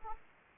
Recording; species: mosquito wingbeat signal from an infrared sensor; Aedes aegypti